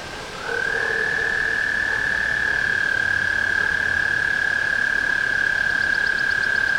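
Tree frog calling in a sustained, even trill that rises slightly at the start and then holds steady.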